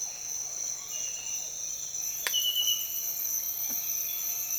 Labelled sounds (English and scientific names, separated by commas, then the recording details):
none
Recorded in dense forest near Puerto Asís, Putumayo, Colombia, on 23 June 2025 at 06:00
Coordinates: 0.484, -76.325
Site H65